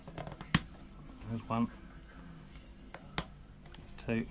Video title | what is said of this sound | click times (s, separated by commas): INDEPENDENCE SPECIAL NEEDS BUGGY BRAKES REPLACEMENT | to push them down and you'll hear it go click | 0.5 s